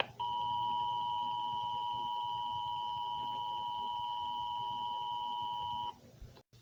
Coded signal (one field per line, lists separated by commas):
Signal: Emergency Alert System (SAME) tones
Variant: 853 and 960 Hz attention tone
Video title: "Radioactive tornado" (eas scenario)